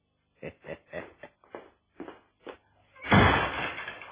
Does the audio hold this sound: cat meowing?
no